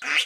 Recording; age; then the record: pig call; piglet (1 to 25 days)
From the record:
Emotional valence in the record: negative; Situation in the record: restrain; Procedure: in the arms of a person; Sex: female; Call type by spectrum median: high-frequency call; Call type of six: low-frequency tonal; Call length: 0.26 s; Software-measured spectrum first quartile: 2013 Hz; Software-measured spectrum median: 2543 Hz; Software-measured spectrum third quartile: 3176 Hz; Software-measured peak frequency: 2569 Hz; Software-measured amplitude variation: 115 dB a second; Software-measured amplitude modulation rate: 11.5 a second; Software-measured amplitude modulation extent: 10.0 dB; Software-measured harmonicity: 1.5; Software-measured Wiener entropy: -1.66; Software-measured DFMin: 619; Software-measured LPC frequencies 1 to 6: 1513, 2157, 2621, 4755, 5796, 6534 Hz